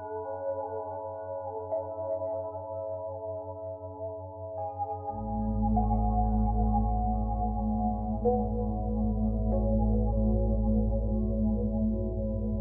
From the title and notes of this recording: The harmonious sounds of binaural beats to enhance your meditation experience.